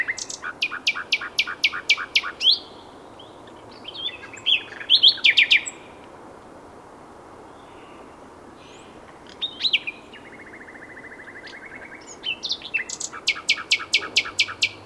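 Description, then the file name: Common nightingale song: bursts of rapid repeated clicking notes, a few varied chirps, then a long steady whistle and another fast series of sharp notes. "Luscinia megarhynchos"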